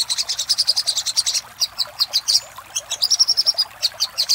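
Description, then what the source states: Little spiderhunter singing quick, sharp high-pitched chips, first in a fast steady string, then in looser, uneven groups. Master recording used for training cage birds, labelled 'Labaik'.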